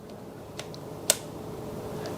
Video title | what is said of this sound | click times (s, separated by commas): KSC/KWA Vz61 Upper Receiver Disassembly/Reassembly | so that first audible click | 1.1 s